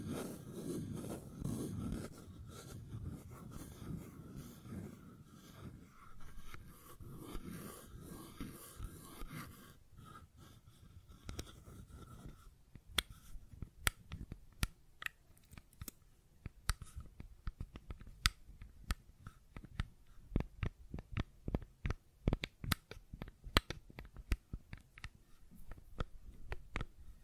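A fidget cube is tapped and clicked in quick, uneven bursts. The first ten seconds carry a soft low rumble with busy scratchy handling; after that the sound thins to sharp, bright clicks, dense and irregular, growing louder and more frequent toward the end.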